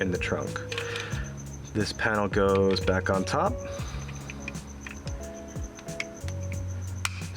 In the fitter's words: snaps into place